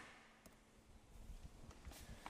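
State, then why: Seated. A toilet waste cassette in a Roller Team Autoroller 746 motorhome, its lid pushed fully on, is slid back into its bay with low scraping and rumbling and a brief knock near 0.5 s. The retaining latch clicks sharply at 2.3 s as the cassette seats home.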